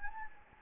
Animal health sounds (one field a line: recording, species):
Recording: mosquito wingbeat signal from an infrared sensor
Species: Anopheles gambiae